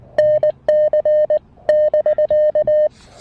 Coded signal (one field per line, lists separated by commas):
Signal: Morse code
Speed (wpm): 19 wpm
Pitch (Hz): 1800 Hz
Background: none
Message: NC <BK>